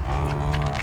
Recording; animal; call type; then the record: contact call of a hoofed animal; cattle; low-frequency (closed-mouth) or high-frequency (open-mouth) call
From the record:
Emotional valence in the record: negative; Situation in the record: full separation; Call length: 0.82 s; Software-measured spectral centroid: 2020 Hz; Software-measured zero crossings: 1150 a second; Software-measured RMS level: -24 dBFS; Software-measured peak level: -11 dBFS